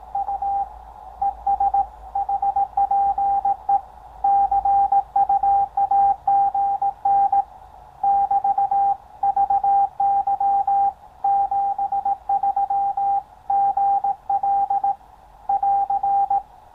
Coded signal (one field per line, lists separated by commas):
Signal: Morse code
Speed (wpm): 17 wpm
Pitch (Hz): 800 Hz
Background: radio noise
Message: U ES HPE CUAGN <BT> VY 73 GL <AR>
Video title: Ham Radio. Low Cost. CW. Morse Code Decoder.